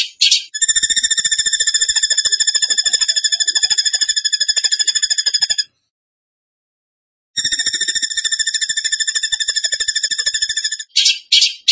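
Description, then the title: Bird song: two long rapid trills of high ringing pulses separated by a silent pause, with brief harsher bursts at the start and end. Bird song in the tembakan gacor style, used as masteran (training for other birds). "Masteran Burung Tembakan Gacor"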